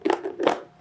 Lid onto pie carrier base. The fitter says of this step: we'll take our lid for the pie carrier and it should just snap right into place.